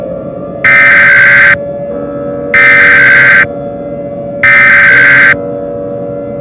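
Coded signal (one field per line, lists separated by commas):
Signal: Emergency Alert System (SAME) tones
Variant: header bursts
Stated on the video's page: Fictional EAS scenario of a Boise earthquake, with sirens.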